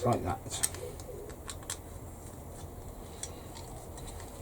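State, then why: Not seated. Someone talks briefly while handling a plastic part of a C-47 scale model aircraft kit, positioning it against its mating location in the kit assembly. Light plastic ticks and taps come at about 0.6, 1.5, 1.7 and 3.2 seconds over a quiet background. Nothing has seated or clicked into place yet.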